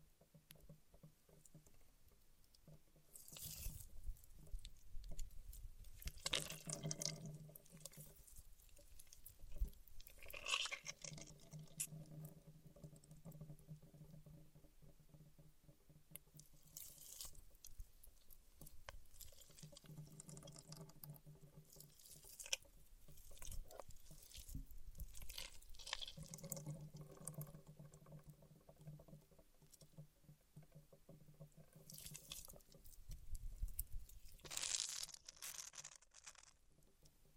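Paraffin wax is peeled, tapped and scratched in uneven bursts of dry crackling and scraping. Sharp bright clicks and taps land every few seconds, the loudest near 10, 17, 22 and 35 seconds. Some stretches carry a low hum, with quiet gaps between actions.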